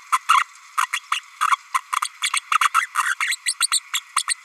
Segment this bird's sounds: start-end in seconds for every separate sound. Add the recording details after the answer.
0.12-0.18, 0.28-0.43, 0.82-0.86, 0.92-1.00, 1.11-1.20, 1.47-1.57, 1.74-1.80, 1.96-2.00, 2.02-2.08, 2.33-2.41, 2.51-2.59, 2.60-2.69, 3.03-3.15, 3.20-3.36, 3.46-3.54, 3.60-3.68, 3.71-3.80, 3.93-4.00, 4.16-4.24, 4.27-4.34. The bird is a female. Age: 32 days. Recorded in a nest box in Venezuela. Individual 17B32A5